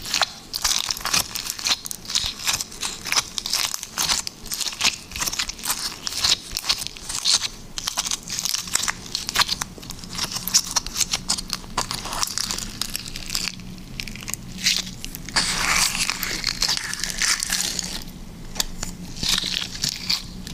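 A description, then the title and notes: Liquid slime being squished and pressed, making a dense, continuous run of wet crackles and sticky pops with no real pauses. The bright crackling swells around twelve and fifteen seconds, and a faint low hum runs steadily underneath. Liquid Slime ASMR.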